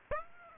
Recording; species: mosquito wingbeat signal from an infrared sensor; Aedes aegypti